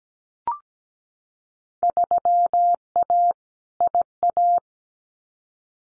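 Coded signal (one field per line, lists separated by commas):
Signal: Morse code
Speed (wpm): 17 wpm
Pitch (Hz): 700 Hz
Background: none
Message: 3A IA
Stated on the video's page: Field Day contest exchanges sent at 17 wpm as a head-copy drill, each sent in Morse, then spoken, then sent again.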